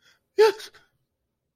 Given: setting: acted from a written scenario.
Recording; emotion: vocal sound without words; negative surprise